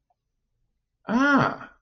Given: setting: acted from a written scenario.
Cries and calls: vocal sound without words; positive surprise

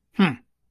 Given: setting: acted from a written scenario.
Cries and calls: vocal sound without words; contempt

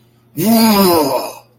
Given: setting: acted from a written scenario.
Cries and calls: vocal sound without words; contempt

